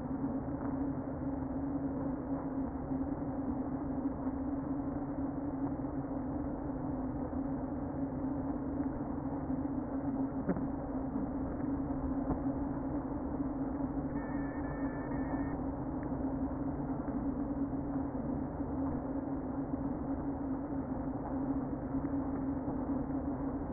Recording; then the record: honeybee colony, microphone inside the hive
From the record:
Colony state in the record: queen present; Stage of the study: before two queens were removed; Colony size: about 60,000 bees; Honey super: yes